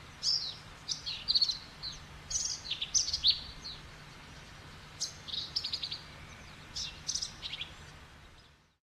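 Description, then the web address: Birds chirping, several high, sharp notes and quick twittering phrases from more than one bird over a low background hum. Many birds recorded in Texas on 29 May 2005, in the afternoon. "Texas Rare Part 1 Many Birds"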